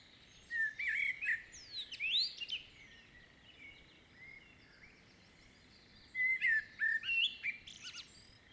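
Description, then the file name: Common blackbird song, two phrases of melodious low whistles followed by rapid high twittering, with a long gap between. "Turdus merula"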